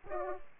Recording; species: mosquito wingbeat signal from an infrared sensor; Aedes aegypti